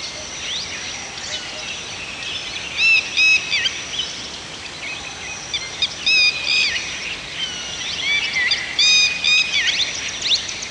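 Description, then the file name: Birds singing in bright whistled phrases with rising and falling slurs, loud bursts recurring every few seconds above a background chorus. Several birds singing in a forest. "Birds Singing in the Forest"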